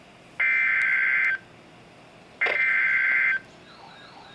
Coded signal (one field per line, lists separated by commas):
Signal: Emergency Alert System (SAME) tones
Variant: header bursts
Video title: Flash Flood Warning in My County (EAS #797)